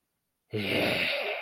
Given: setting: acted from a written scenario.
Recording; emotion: vocal sound without words; contempt